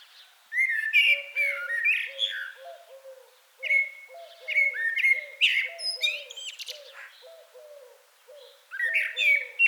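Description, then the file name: Common blackbird song: rich, warbling phrases with squeaky high endings, over a steady series of low, soft repeated notes. "Turdus merula"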